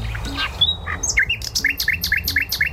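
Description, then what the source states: Common nightingale song: varied whistled and chirping notes, then a fast, even series of repeated sharp rising notes; faint low background hum. Played back in a radio bird-sound guessing game; the listener first guessed a sparrow before it was named a nightingale.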